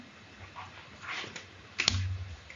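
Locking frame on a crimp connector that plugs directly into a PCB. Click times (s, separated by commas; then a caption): 1.8 s, 1.9 s. The locking frame of a four-pole crimp power connector, which plugs directly into a PCB, is opened by hand before the connector is inserted. Two sharp clicks at 1.8 and 1.9 seconds mark the frame snapping open and released, with fainter handling taps around them.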